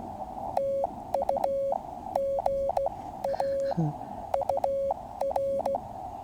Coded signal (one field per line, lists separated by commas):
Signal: Morse code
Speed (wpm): 15 wpm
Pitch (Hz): 550 Hz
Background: speech, radio noise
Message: TU GA UR